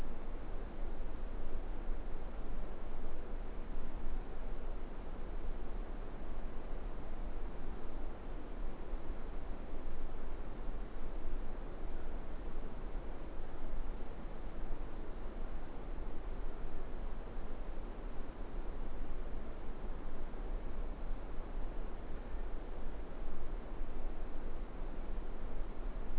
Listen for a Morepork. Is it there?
no